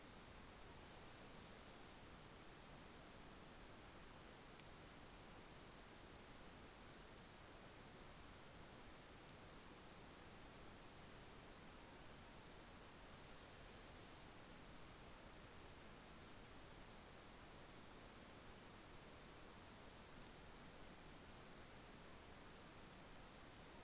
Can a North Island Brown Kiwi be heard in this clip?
no